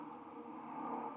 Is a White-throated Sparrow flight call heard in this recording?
no